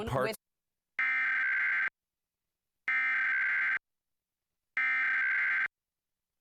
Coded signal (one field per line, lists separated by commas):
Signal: Emergency Alert System (SAME) tones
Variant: header bursts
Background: speech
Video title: National EAS Test - October 4th, 2023 - KING-DT